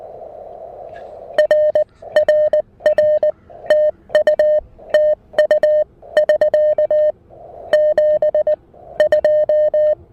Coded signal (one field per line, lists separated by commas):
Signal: Morse code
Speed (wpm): 19 wpm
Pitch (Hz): 590 Hz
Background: music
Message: R RR TU TU <SK> 72